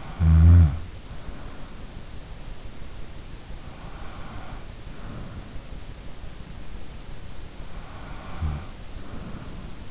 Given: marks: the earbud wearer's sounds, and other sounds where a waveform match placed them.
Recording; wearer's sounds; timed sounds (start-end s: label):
sounds in sleep by an in-ear microphone; snoring breath, breath
0.00-0.86 s: snoring breath
3.63-6.36 s: breath
7.95-8.73 s: breath